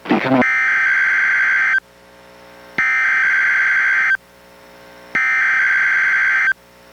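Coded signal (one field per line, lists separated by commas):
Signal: Emergency Alert System (SAME) tones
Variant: header bursts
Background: speech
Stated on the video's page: NOAA Weather Radio Required Weekly Test, relayed by an NWR station and received on a weather radio.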